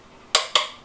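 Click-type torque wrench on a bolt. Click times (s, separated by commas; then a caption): 0.3 s, 0.6 s. A click-type torque wrench is pulled again on an already-torqued bolt to check it. It gives two sharp clicks at 0.3 s and 0.6 s, confirming the bolt is at 32 ft-lb. No one talks during the clip.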